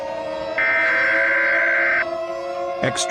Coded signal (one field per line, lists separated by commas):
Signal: Emergency Alert System (SAME) tones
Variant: header bursts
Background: speech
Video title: The Alternate Universe: An EAS Scenario